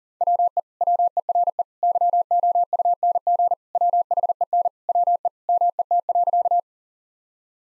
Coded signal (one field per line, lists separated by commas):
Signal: Morse code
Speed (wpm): 40 wpm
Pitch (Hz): 700 Hz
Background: none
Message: WE WERE YOUNG WHEN WE MET.